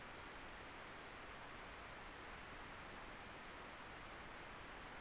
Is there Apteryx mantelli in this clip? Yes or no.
no